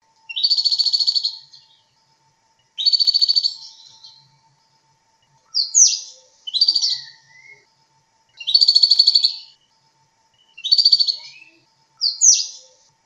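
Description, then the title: Bird song of loud buzzy rattling phrases mixed with sharp downward-sweeping notes, in separate bursts with brief silences between. "burung"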